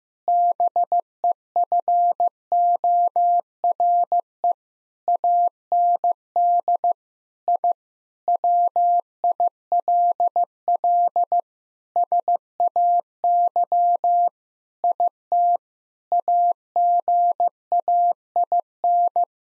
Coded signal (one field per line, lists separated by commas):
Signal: Morse code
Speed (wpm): 15 wpm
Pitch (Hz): 700 Hz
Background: none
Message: BEFORE AND I WILL SAY IT AGAIN